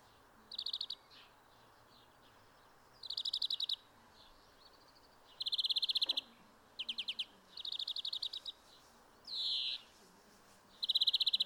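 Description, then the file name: European greenfinch song of repeated rattling trills with one nasal wheezing buzz, over low background noise. "Chloris chloris"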